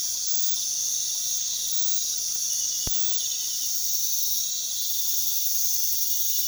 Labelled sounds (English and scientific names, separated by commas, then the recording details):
none
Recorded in pastures near Puerto Asís, Putumayo, Colombia, on 20 February 2024 at 04:00
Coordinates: 0.468, -76.328
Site G6414